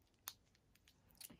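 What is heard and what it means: An insulin pump cannula insertion device is held against the skin at an angle and pressed, giving a sharp, bright click at 0.3 s. Fainter ticks follow, then a louder broadband burst near 1.2–1.3 s. The device is seated.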